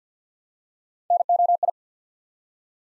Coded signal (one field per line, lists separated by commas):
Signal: Morse code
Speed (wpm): 50 wpm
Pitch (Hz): 700 Hz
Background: none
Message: NOI